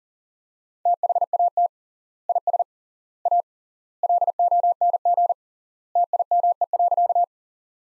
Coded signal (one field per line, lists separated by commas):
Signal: Morse code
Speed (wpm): 40 wpm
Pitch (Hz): 700 Hz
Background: none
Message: THAT IS A LONG TIME.